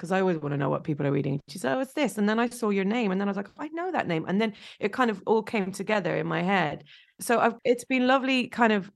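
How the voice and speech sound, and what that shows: A woman speaks in a lively, fluent conversational voice with clear, steady voicing and natural pitch movement, using only brief pauses between phrases. Her articulation is crisp and her rate is ordinary: typical speech.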